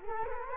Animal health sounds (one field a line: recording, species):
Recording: mosquito wingbeat signal from an infrared sensor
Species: Culex quinquefasciatus